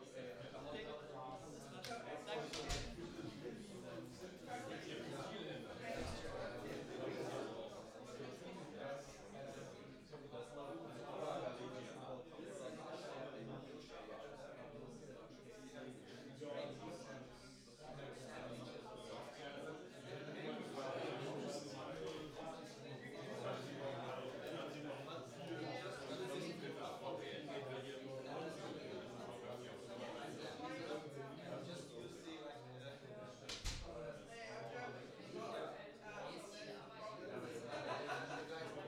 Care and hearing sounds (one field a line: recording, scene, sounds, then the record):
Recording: everyday scene through a hearing-aid microphone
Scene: many people talking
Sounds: many voices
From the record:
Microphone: in the ear canal, right